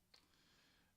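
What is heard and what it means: A builder presses the second of a pair of plastic brick pieces onto a plastic brick model, and a short, sharp click is heard at 0.1 seconds. The brick snaps into place and is seated.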